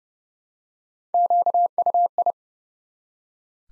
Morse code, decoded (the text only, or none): QUI